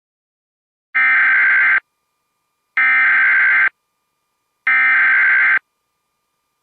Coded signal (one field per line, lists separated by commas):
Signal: Emergency Alert System (SAME) tones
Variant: header bursts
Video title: EAS 781 - iPAWS LAE for Galveston, TX